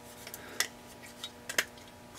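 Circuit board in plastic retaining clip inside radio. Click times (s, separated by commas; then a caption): 0.6 s, 1.6 s. A new voltage-regulator (AVR) circuit board slides down into a plastic retaining clip inside a Kenwood TS-940S radio during a power-supply upgrade. The clip ticks as it engages, with sharp clicks at 0.6 and 1.6 seconds among softer ticks. The board locks in place but is only partly clipped in, not yet all the way.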